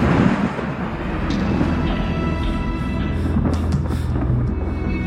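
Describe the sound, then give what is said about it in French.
A continuous low rumble of thunder from a lightning storm rolls on without pause over a festival celebration with fireworks in Cannes, heavy in the bass, with faint crackling hiss and a few brief brighter bursts layered over the steady roar. “Dans les airs, les feux d'artifice se mélangent aux éclairs de l'orage qui gronde et qui écourte la fête.”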